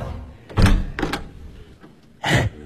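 door opening and closing

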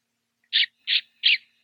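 bird singing

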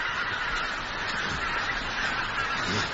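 geese honking

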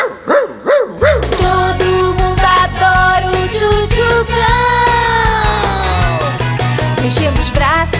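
dog barking

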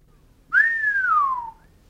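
person whistling a tune

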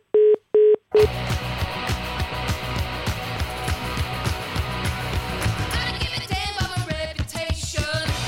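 telephone dialing tones

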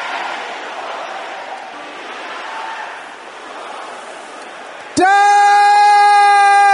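audience shouting loudly

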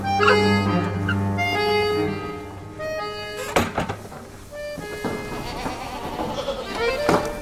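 goats bleating

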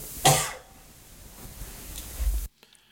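cough

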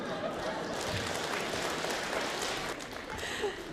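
audience applause

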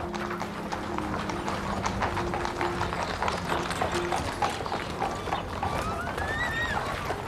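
horse-drawn cart hooves clip-clopping

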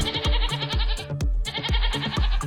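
goat bleating

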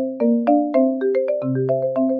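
phone ringing

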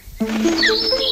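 birds chirping

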